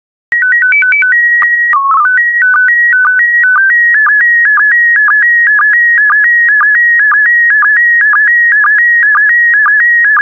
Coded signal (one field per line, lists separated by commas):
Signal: SSTV (slow-scan television)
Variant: PD 120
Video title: 16067 Rural Africa SSTV PD120